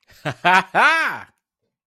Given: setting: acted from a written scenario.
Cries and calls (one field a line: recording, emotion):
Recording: vocal sound without words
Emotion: pride